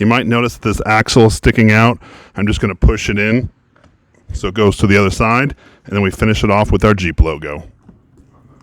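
Someone talks while handling a plastic Jeep logo hub cap for a wheel of a Hyper Toys Jeep Gladiator Power Wheels ride-on toy, after pushing the axle through to the other side. Faint short knocks follow at about 7.9, 8.2 and 8.6 seconds. The clip ends before the hub cap goes on, so nothing has seated or clicked yet.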